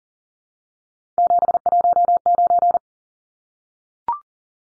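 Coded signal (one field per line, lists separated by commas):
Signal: Morse code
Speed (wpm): 40 wpm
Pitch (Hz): 700 Hz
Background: none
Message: 719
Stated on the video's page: Morse practice drill of three-digit numbers at 40 wpm, each number sent twice.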